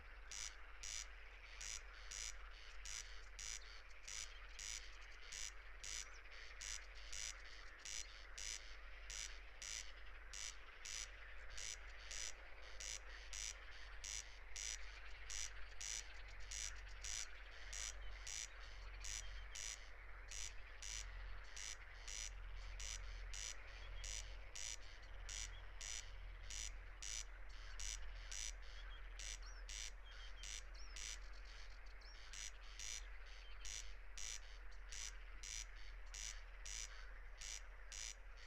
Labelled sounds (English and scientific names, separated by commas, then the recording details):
Corn Crake (Crex crex) song
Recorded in the wild
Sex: male
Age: adult
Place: Schwedt/Oder, Nationalpark Unteres Odertal, Brandenburg, DE
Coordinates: 53.0443, 14.2917
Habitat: meadow
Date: 2021-06-17 00:23
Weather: 14°C, 80% humidity, almost windless
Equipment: Edirol R44, Microtech Gefell MK 250/MV220
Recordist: Frommolt, Karl-Heinz